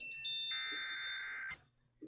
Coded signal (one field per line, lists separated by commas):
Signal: Emergency Alert System (SAME) tones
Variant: header bursts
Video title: Chaotic Hellstorm II Slight Risk Day| EAS Alerts From 11/10/2020 (EAS #101-121)